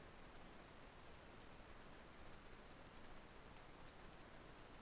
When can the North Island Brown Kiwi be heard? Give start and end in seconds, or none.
none